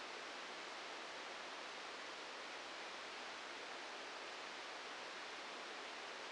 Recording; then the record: brain microelectrode recording played as sound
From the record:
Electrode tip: outside the subthalamic nucleus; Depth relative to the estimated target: 0 mm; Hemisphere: left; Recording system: NeuroSet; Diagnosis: Parkinson's disease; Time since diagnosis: 8 years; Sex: male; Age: 46 years